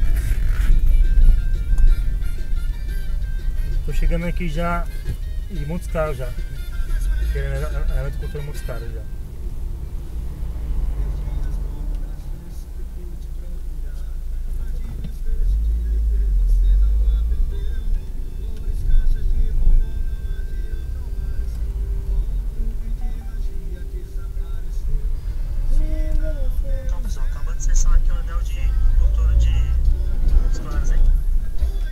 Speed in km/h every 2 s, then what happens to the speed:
16, 11, 11, 12, 13, 5, 0, 0, 14, 13, 11, 10, 12, 13, 14, 15.
0-8 steady at about 12. 8-11 brakes to 0. 11-14 standing. 14-16 pulls away to 14. 16-22 steady at about 11.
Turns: none.